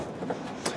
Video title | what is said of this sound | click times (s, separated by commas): How to install Chromotherapy to your Infrared Sauna | One prong at a time, second one up, locked into place. | 0.3 s, 0.7 s